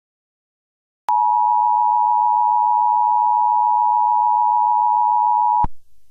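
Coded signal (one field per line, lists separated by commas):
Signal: Emergency Alert System (SAME) tones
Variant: 853 and 960 Hz attention tone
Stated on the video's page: Fictional EAS scenario about World War 3, not a real alert.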